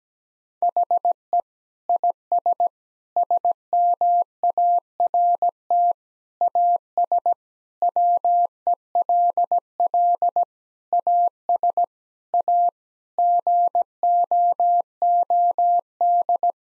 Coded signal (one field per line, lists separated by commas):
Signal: Morse code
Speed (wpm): 17 wpm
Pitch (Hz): 700 Hz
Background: none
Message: HE IS SMART AS WELL AS A GOOD